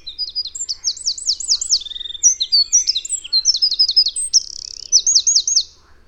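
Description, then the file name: Eurasian wren song: a fast, high, tumbling run of sharp notes and rapid looping trills, nearly unbroken for about six seconds, with brief rattling passages. "Troglodytes troglodytes"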